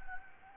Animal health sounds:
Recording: mosquito wingbeat signal from an infrared sensor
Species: Anopheles gambiae

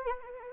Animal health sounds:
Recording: mosquito wingbeat signal from an infrared sensor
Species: Anopheles arabiensis

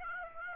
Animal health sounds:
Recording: mosquito wingbeat signal from an infrared sensor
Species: Aedes aegypti

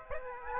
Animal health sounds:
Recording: mosquito wingbeat signal from an infrared sensor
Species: Aedes aegypti

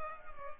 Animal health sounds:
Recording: mosquito wingbeat signal from an infrared sensor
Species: Culex pipiens

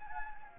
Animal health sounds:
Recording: mosquito wingbeat signal from an infrared sensor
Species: Anopheles gambiae

